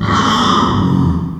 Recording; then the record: squeal of a Yucatan mini pig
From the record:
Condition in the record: after surgery on the right vocal fold (resection and tissue-engineered implant); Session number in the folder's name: 15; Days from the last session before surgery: 175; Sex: female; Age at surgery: 19 weeks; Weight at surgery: 25 kg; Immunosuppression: prednisolone